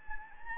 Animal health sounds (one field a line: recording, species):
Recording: mosquito wingbeat signal from an infrared sensor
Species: Anopheles gambiae